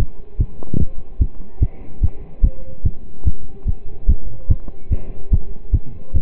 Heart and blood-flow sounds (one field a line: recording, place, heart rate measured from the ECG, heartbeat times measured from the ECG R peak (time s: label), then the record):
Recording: heart sounds by stethoscope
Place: between the tricuspid and mitral areas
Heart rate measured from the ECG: 146 bpm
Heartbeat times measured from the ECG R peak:
0.39 s: heartbeat
0.80 s: heartbeat
1.20 s: heartbeat
1.61 s: heartbeat
2.02 s: heartbeat
2.43 s: heartbeat
2.84 s: heartbeat
3.26 s: heartbeat
3.66 s: heartbeat
4.08 s: heartbeat
4.49 s: heartbeat
4.91 s: heartbeat
5.32 s: heartbeat
5.73 s: heartbeat
6.14 s: heartbeat
From the record:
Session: pedaling a stationary bicycle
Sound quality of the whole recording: partially saturated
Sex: male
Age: 27 years